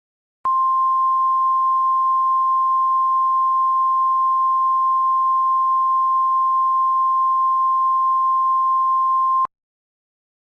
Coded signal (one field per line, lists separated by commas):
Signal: Emergency Alert System (SAME) tones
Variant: 1050 Hz attention tone